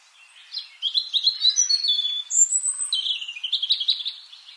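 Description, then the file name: European robin song: a warbled run of high notes, a thin sustained whistle, then another rippling trilled phrase. "Erithacus rubecula"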